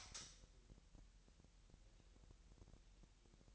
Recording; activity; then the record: daily activity, microphone in the room; light on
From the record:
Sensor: 3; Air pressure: 1001.8 hPa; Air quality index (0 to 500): 248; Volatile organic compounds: 52 ppm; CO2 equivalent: 3325 ppm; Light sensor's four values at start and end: 5/13/5/5 and 11/33/13/12